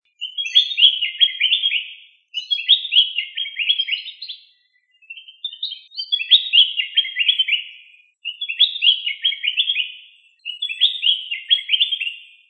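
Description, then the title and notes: Bird song: five bright, rapid twittering phrases, each about two to three seconds long with brief pauses between, made of trilled notes in a high register. Birdsong from Indonesia. "Kumpulan Kicau Burung Indonesia"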